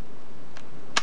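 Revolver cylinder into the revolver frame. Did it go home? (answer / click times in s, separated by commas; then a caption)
yes / 1.0 s. After loading shells and pulling the release lever back, the cylinder of a KWC licensed Colt .357 Python airsoft gas revolver is swung back into its metal frame. A faint tick at about 0.6 s is followed by a sharp, loud click at 1.0 s as the cylinder locks in place, seated.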